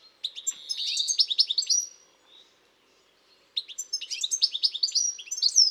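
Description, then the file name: European goldfinch song, two bursts of fast liquid twittering and high tinkling notes separated by a quiet pause of over a second. "Carduelis carduelis"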